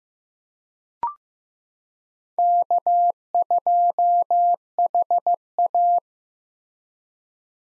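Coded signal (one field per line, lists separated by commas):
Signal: Morse code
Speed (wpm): 15 wpm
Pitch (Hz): 700 Hz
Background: none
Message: K2HA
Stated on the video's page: Morse practice of common POTA hunter call signs at 15 wpm, each sent, spoken, then sent again for head-copy.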